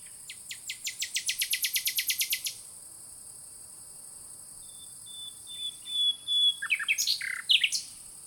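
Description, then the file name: Common nightingale singing: a fast run of many identical repeated notes, then a long pure level whistle, ending in varied rich phrases, over a steady high hiss. "Luscinia megarhynchos"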